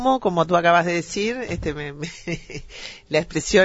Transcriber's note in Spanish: se ríe